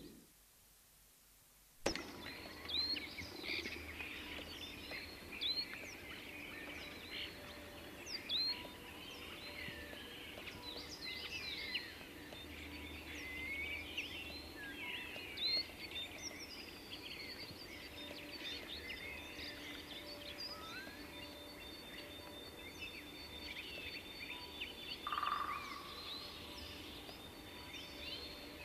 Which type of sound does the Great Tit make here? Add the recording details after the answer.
song. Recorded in the wild. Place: Kaiserslautern, Rheinland-Pfalz, DE. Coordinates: 49.4403, 7.749. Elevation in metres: 261. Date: 1977-03-09. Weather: warm, sunny. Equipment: Nagra IV, Sennheiser MKH 435, Parabolreflektor. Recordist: Tretzel, Erwin